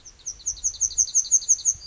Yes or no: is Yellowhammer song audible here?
yes